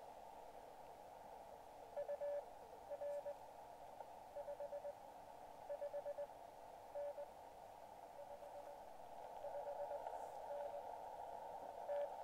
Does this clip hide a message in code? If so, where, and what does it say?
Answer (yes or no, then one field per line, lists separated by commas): yes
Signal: Morse code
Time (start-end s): 2.0-12.1 s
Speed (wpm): 20 wpm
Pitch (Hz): 580 Hz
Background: radio noise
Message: UR 55N 55N T